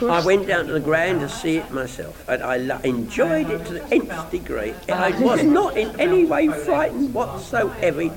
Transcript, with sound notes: I went down to the Grand to see it myself. I enjoyed it to the nth degree! [laughs] I was not in any way frightened whatsoever!